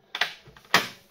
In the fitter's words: and then pushing that way and then letting go and that will be locked